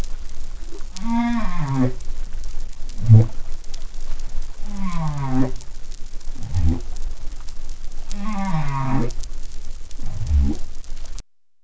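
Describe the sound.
Whale calls in a repeating sequence: a low falling moan followed by a brief grunt, the pattern recurring about every three and a half seconds, three times over.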